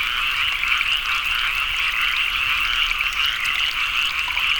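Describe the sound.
Frogs croaking together in a thick unbroken chorus of fast pulsed trills, level and constant throughout.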